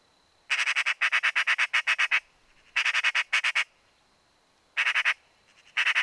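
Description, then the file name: Eurasian magpie in a loud harsh rattle, rapid grating chack notes delivered in several bursts with short pauses between. "Pica pica"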